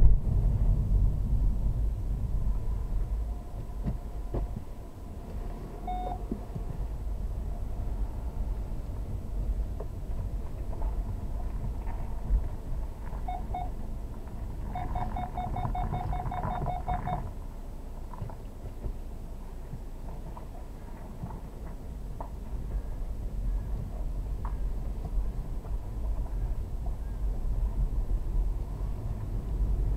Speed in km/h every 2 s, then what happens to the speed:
10, 2, 2, 3, 3, 2, 0, 0, 0, 0, 0, 3, 5, 5, 11.
0-2 brakes to 2. 2-4 standing. 4-9 steady at about 3. 9-21 standing. 21-30 pulls away to 11.